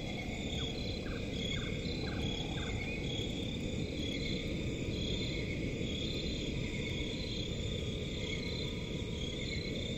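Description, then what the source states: Crickets chirping in a steady, layered chorus of high trills, with a few short calls early on and a constant low rumble underneath. Crickets in a forest at night.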